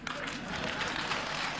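A short burst of deliberately lukewarm audience applause, requested as the least enthusiastic clapping for a performer, a steady, dense patter of many hands clapping at an even level for under two seconds, with faint crowd murmur mixed in.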